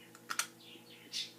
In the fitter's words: like that you'll hear a little click